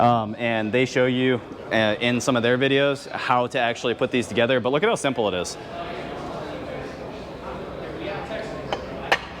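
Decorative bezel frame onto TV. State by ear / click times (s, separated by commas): seated / 8.7 s, 9.1 s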